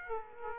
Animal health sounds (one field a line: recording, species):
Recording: mosquito wingbeat signal from an infrared sensor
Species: Aedes aegypti